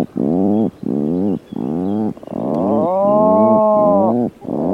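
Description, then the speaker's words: Atlantic puffin growling call: a string of low, harmonic, pulsing grunts, with a longer drawn-out tonal note near the end. Given after the eggs are laid, from inside the nesting burrow; a growling call likened to a softer chainsaw; recorded in Scotland. "Als de eieren eenmaal zijn gelegd, trekt de papegaaiduiker zich terug in het broedhol en hebben ze een grommende roep die vaag doet denken aan het geluid van een kettingzaag, maar dan zachter."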